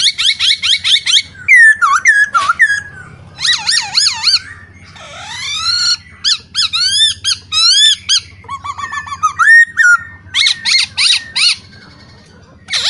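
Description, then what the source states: Masked laughingthrush song: rapid varied phrases of bright whistles, buzzy stacked notes and swooping slurs, delivered in quick bursts with brief pauses between them. Training recording for cage birds, singing in lively full voice.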